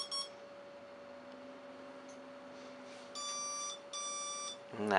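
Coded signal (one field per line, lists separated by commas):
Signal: beep code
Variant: RC brushless ESC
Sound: two long buzzy beeps about half a second each, steady hum, then talking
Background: electrical hum, speech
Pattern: 2 long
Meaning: The beeps mark programming menu items as the ESC cycles through them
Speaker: each one is a different menu set of options and that last one is the exit option and what it'll do will just repeat the options again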